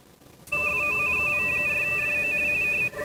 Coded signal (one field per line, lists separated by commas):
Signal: RTTY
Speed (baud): 45.45 baud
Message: FO KM4FO M